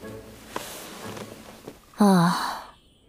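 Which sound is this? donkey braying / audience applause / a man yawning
a man yawning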